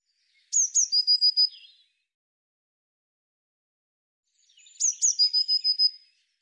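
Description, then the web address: Eurasian blue tit call given twice, about four seconds apart, each with two sharp high notes leading into a quick, slightly buzzy trill, with silence between. Recorded in 2025. "cianscape birddata Deverinetal Bird Cy Ca"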